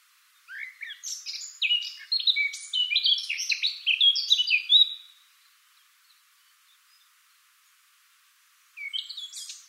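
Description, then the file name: Eurasian blackcap song: a fast warbling phrase of varied notes lasting about four seconds, then quiet, and another phrase beginning near the end. "Sylvia atricapilla"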